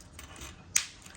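A part of the plastic remote key fob for a 2020-or-newer Porsche (Cayenne, Macan, 911), likely the key blade or cover, is pushed back into the fob by hand after the battery is replaced. Faint handling and rubbing sounds are followed by one sharp click at 0.8 s, and then quiet handling. The part snaps back into place and is seated.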